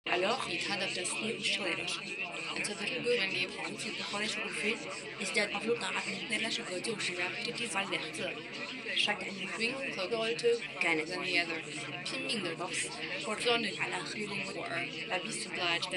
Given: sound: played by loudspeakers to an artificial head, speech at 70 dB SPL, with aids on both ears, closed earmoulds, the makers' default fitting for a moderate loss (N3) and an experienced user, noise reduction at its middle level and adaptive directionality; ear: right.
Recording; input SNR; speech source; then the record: speech test signal (ISTS) in cocktail-party noise; 0 dB; in front (0 degrees)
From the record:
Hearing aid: class 2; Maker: C